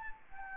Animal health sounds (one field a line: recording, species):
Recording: mosquito wingbeat signal from an infrared sensor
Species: Anopheles gambiae